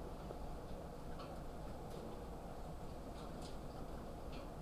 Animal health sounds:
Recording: poultry house recording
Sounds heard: sick chickens (respiratory disease)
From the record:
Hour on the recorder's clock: 22

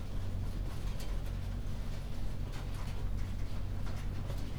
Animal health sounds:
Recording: poultry house recording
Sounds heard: no chicken sound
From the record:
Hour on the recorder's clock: 21

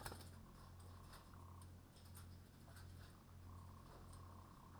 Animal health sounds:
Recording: poultry house recording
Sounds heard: sick chickens (respiratory disease)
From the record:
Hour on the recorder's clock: 21

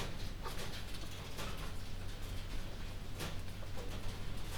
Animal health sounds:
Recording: poultry house recording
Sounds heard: healthy chickens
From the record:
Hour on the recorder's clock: 22

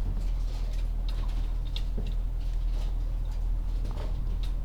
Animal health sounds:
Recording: poultry house recording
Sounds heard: sick chickens (respiratory disease)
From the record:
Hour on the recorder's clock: 12

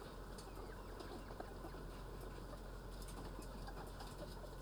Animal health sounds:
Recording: poultry house recording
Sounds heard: healthy chickens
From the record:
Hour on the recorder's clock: 9

